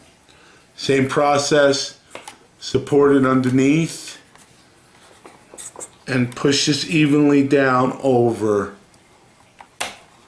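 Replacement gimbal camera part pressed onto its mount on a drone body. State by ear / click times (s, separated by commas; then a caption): seated / 9.8 s. A replacement gimbal camera part for a DJI Phantom 2 Vision+ quadcopter is supported underneath and pushed evenly down over its mount on the drone body while someone talks. A sharp, loud snap comes at 9.8 s as the part seats in place.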